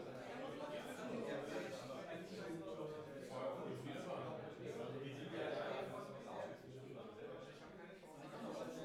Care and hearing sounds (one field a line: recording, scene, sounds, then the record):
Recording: everyday scene through a hearing-aid microphone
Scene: many people talking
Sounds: many voices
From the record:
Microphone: behind the ear, right, front